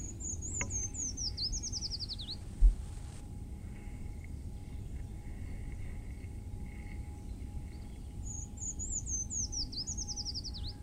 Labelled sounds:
Eurasian Treecreeper (Certhia familiaris) song

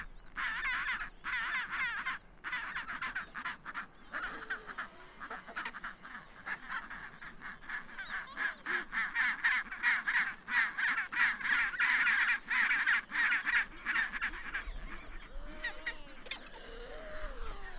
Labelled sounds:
Chinstrap Penguin (Pygoscelis antarcticus) call

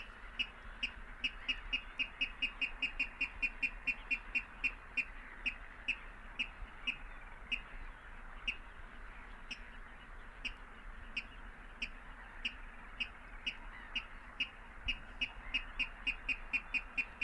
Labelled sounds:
Water Rail (Rallus aquaticus) song

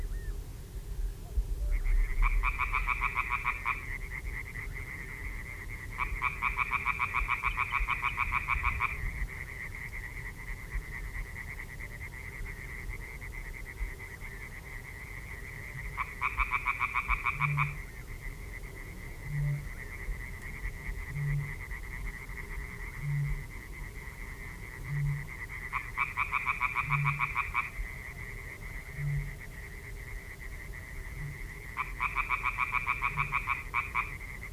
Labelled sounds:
Common Tree Frog (Hyla arborea) call

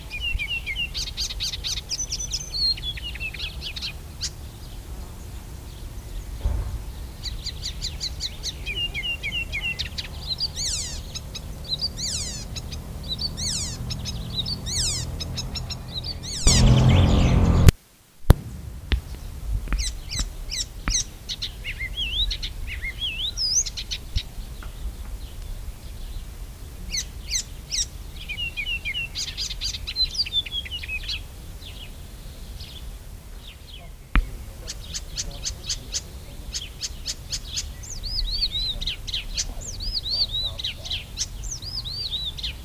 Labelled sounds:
Icterine Warbler (Hippolais icterina) song

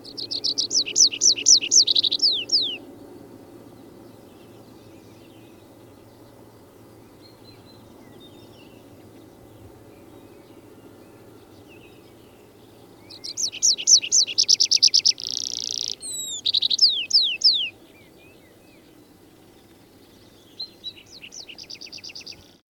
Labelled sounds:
Tree Pipit (Anthus trivialis) song

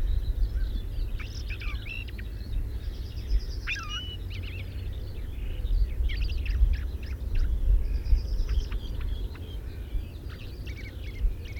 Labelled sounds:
Ring Ouzel (Turdus torquatus) song

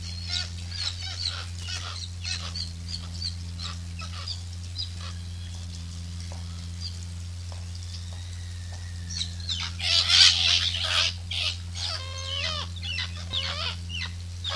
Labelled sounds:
Common Murre (Uria aalge) call

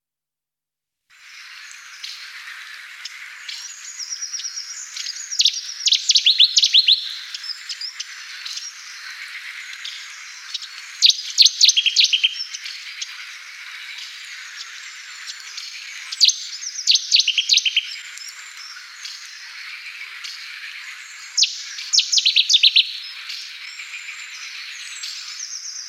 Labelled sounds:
Cetti's Warbler (Cettia cetti) song

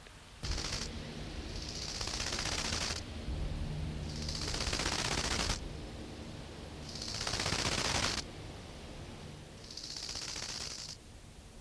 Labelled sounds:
Bow-winged Grasshopper (Chorthippus biguttulus) stridulation

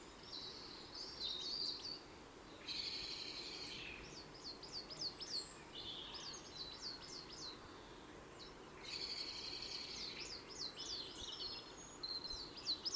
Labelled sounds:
Great Tit (Parus major) song

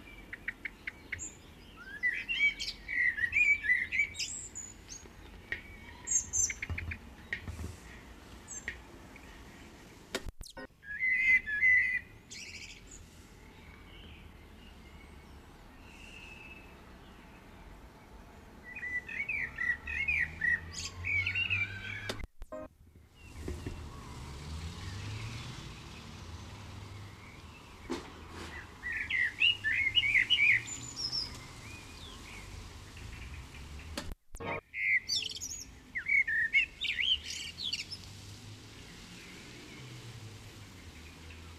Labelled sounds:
Common Blackbird (Turdus merula) song

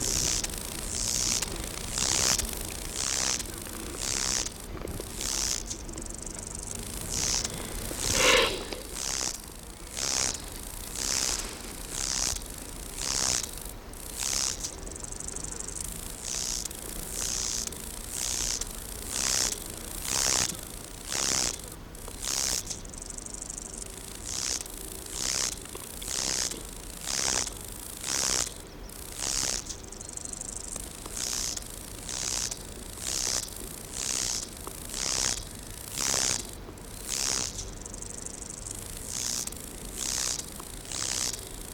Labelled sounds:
Lesser Marsh Grasshopper (Chorthippus albomarginatus) stridulation

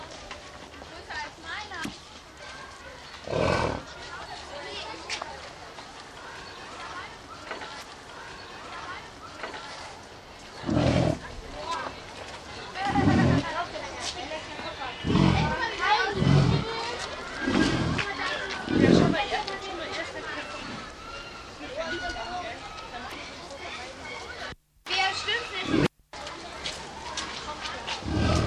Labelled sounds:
American Bison (Bison bison) call

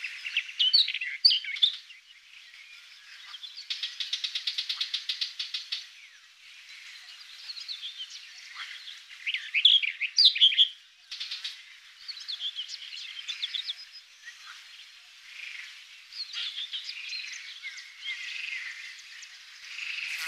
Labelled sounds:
Barred Warbler (Sylvia nisoria) song

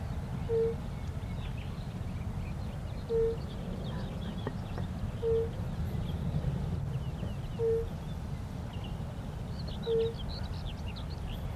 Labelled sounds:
Fire-Bellied Toad (Bombina bombina) call

